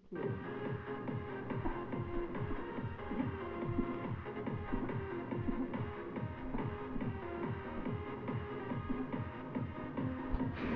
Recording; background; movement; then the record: throat clearing; music; sitting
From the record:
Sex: female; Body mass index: 36.4 kg/m2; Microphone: on the chest, facing the body